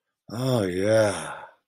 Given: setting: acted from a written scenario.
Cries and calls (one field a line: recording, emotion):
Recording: vocal sound without words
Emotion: elation